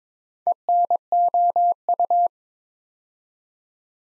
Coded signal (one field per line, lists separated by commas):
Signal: Morse code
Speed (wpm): 22 wpm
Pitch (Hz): 700 Hz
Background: none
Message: ENOU